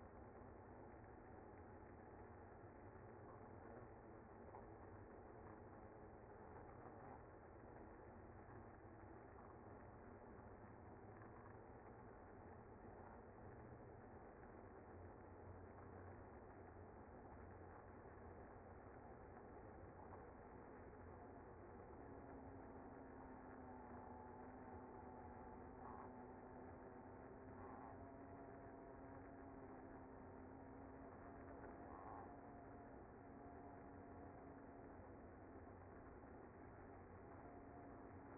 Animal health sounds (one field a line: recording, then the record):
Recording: honeybee colony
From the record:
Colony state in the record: active